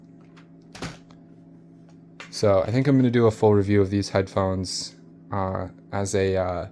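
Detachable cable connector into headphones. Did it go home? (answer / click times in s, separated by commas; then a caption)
yes / 0.8 s. A headset's detachable cable with its built-in mic, used as a backup because another mic wasn't working, is pushed into the headphones, and the connector locks into place with a sharp click at 0.8 s. Fainter ticks follow before someone talks.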